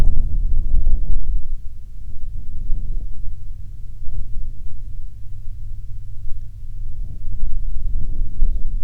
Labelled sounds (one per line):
wind